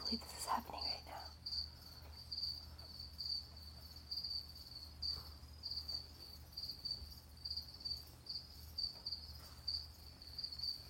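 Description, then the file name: Brazilian yellow-backed poison frog calling, a high buzzy pulsed note repeated about once a second in steady series, with a brief loud rustle at the start and a low background hum. "Adelphobates galactonotus calling"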